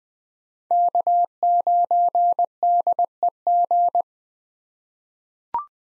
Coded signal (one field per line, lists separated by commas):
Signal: Morse code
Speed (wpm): 20 wpm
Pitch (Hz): 700 Hz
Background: none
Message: K9DEG